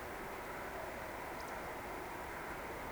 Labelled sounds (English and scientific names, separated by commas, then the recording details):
Eurasian Woodcock (Scolopax rusticola) whistle
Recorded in Baden-Württemberg, Germany, on 17 June 2020 at 20:24 UTC
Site 14569, 102 m above sea level